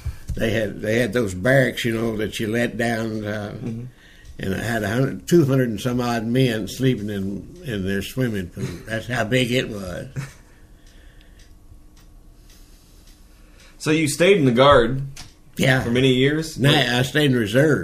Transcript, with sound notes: they had, they had those barracks you know, that you let down…and it had a hundred, two-hundred and some odd men sleeping in, in this swimming pool, that’s how big it was [chuckles]
So you stayed in the guard…
Yeah.
…how many years?
No, I stayed in the reserves.